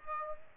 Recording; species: mosquito wingbeat signal from an infrared sensor; Aedes aegypti